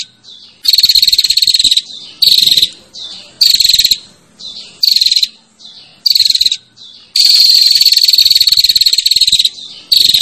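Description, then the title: Prinia buzzy trill calls. Loud grating bursts alternate with weaker ones, and a long continuous buzz runs over two seconds near the end. Female calling to the male with a 'ngecirrr' call. "Suara Prenjak Betina Ngecirrr Memanggil Prenjak Jantan"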